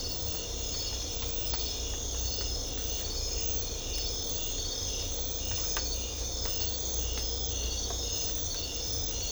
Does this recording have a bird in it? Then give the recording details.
no. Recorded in secondary vegetation near Puerto Asís, Putumayo, Colombia, on 18 December 2024 at 03:00. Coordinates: 0.500, -76.326. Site G065